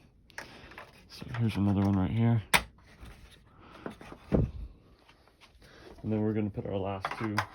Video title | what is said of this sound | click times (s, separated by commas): NEW Lexus LX470 TRD Style Grille - (2003-2007) | and then you evenly push down and it just snaps right in | 0.4 s